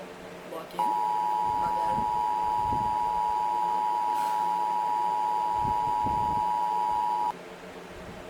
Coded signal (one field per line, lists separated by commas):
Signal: Emergency Alert System (SAME) tones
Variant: 853 and 960 Hz attention tone